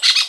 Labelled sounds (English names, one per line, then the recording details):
Brown-throated Parakeet contact call
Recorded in Venezuela
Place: Guárico; Corozopando; Fundo La Fe
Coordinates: 8.506, -67.593